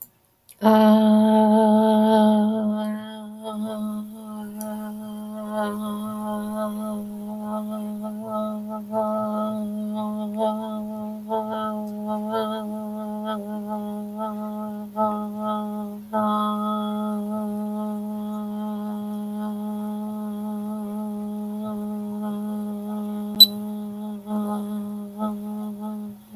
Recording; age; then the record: vowel held as long as possible; 20 to 29 years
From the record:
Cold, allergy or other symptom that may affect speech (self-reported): no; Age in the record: 28 years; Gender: other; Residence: North Carolina, United States